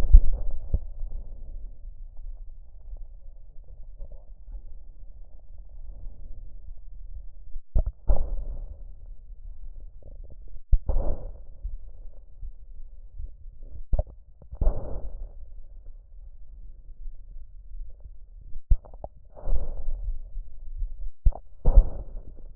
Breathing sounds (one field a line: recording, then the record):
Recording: lung sounds by stethoscope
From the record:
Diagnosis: chronic bronchitis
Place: left posterior upper chest